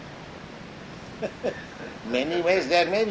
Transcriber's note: chuckles